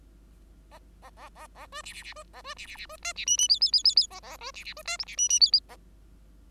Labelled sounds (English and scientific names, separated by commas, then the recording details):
Bengalese Finch (Lonchura striata domestica) song
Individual Bird5